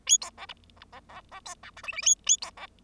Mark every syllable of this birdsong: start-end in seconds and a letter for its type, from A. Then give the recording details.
0.06-0.17 A, 0.21-0.29 B, 0.37-0.46 C, 0.48-0.53 D, 0.76-0.85 E, 0.92-1.00 C, 1.09-1.21 C, 1.31-1.40 C, 1.45-1.54 B, 1.63-1.70 F, 1.76-1.82 G, 1.83-1.92 H, 1.92-2.02 H, 2.02-2.15 A, 2.26-2.37 A, 2.41-2.51 B, 2.57-2.67 C. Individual Bird0